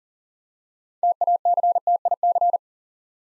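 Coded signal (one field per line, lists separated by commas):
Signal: Morse code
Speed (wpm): 42 wpm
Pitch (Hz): 700 Hz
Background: none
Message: TACTIC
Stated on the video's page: Morse Code Ninja drill at 40 wpm building 6-letter words two letters at a time for instant character recognition.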